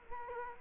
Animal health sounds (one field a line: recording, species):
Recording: mosquito wingbeat signal from an infrared sensor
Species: Culex quinquefasciatus